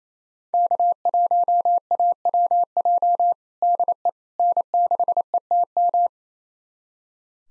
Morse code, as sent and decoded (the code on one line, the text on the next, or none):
-.- .---- .- .-- .--- / -.. . / -. -.... . - --
K1AWJ DE N6ETM